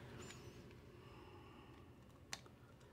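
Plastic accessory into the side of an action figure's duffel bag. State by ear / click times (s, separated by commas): seated / 2.3 s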